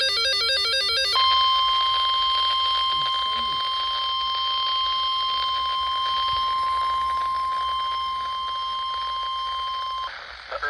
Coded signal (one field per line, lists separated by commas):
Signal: Emergency Alert System (SAME) tones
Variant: 1050 Hz attention tone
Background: music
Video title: August 2023 EAS Alerts (#1,866 - 1,889)